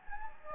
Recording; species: mosquito wingbeat signal from an infrared sensor; Anopheles gambiae